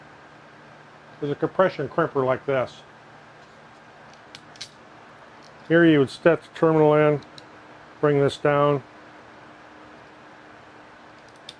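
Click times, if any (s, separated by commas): 11.5 s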